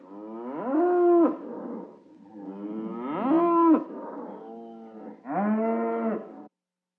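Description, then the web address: Cattle bellowing: three long harmonic moos, with quieter calls between them. Many cows bellowing. "SFXSource AOS Cows Many Bellowing"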